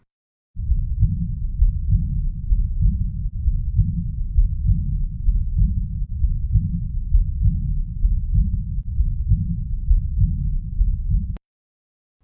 Aortic valve becomes incompetent and blood is able to flow back from the aorta into the left ventricle. Aortic regurgitation causes an early diastolic and quite a soft murmur.